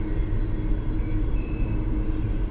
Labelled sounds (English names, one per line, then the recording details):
Song Thrush
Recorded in Germany
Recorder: ecoPi